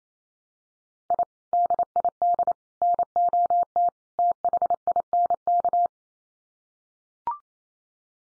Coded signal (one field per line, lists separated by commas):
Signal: Morse code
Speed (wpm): 28 wpm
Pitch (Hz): 700 Hz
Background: none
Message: I DID NOT THINK